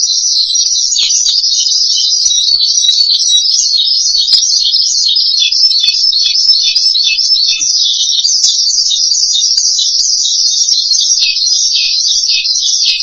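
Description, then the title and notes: Starling song: dense, high-pitched warbling and chattering that runs without pause, its notes jumbled and rapidly wavering. "suara burung jalak"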